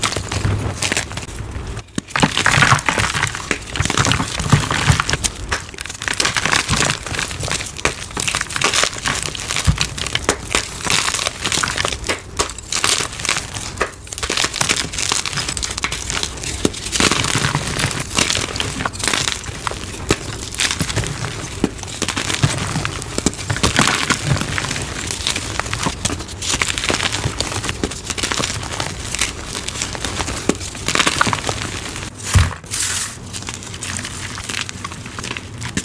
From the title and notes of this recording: Bon Ami Dipped Dyed Gym Chalk ASMR Edits Compilation + 2X SPEED VERSION. Soft crispy powdery crunches of dyed gym chalk asmr and oddly satisfying sounds.